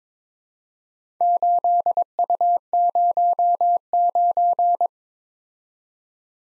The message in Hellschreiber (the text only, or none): none